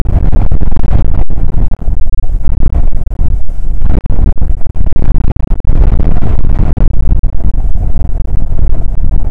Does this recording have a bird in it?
no